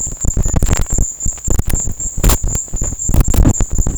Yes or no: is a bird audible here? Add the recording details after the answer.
no. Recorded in secondary vegetation near Puerto Asís, Putumayo, Colombia, on 22 June 2025. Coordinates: 0.488, -76.319. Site G094